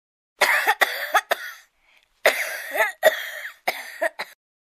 Child Coughing.